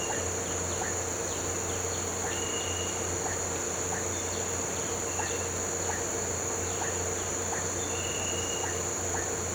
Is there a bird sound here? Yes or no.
no